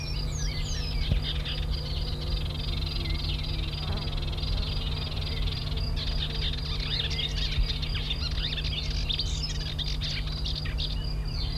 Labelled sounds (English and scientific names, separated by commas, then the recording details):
Woodchat Shrike (Lanius senator) song
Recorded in the wild
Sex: male
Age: adult
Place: Crnotice, Cicarija, SI
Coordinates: 45.48, 14.03
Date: 1994-06-02
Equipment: Sony WM-D6C, Sennheiser ME 66, 1st genation MC copy
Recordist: Ernst, Stephan